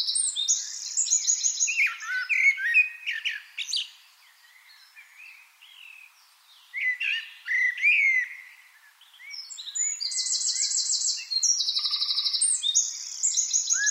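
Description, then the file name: Eurasian wren song of high, rapid notes and loud, fast trills, with a short lull midway and long, buzzy rattling trills near the end. "Troglodytes troglodytes"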